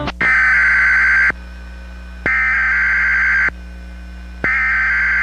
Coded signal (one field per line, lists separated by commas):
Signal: Emergency Alert System (SAME) tones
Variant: header bursts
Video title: Emergency alert COMPILATION part 2